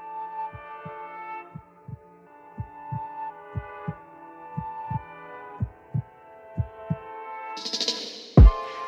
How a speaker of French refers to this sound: T'entends les battements de cœur.